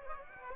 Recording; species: mosquito wingbeat signal from an infrared sensor; Aedes aegypti